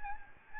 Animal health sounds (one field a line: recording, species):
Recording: mosquito wingbeat signal from an infrared sensor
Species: Aedes albopictus